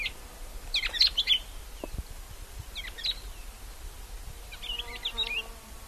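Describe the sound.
Bird calls, quick clusters of high twittering notes in three bursts, with low knocks and a faint background hiss outdoors.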